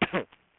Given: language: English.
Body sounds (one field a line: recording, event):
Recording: throat vibration sensor signal played as sound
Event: cough